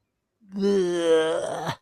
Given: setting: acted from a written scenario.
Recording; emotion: vocal sound without words; disgust